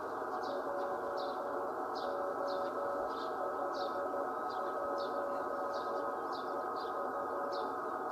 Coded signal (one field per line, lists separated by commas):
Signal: Morse code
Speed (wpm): 13 wpm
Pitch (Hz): 570 Hz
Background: none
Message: JO51EU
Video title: Beacon DB0XY on 432 475 MHz in JO51EU